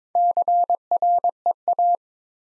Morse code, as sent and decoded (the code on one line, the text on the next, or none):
-.-. .-. . .-
CREA